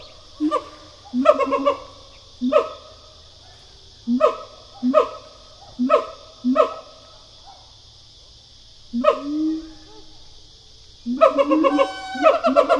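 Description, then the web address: Siamang gives loud barking hoots in bursts with a pause midway, one rising swoop, then a quick run of clustered notes at the end, with constant high buzzing behind. Pair call of a siamang, a gibbon. "Sound Effects-Foundation. Animal Gibbon Siamang pair call"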